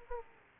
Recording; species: mosquito wingbeat signal from an infrared sensor; Aedes aegypti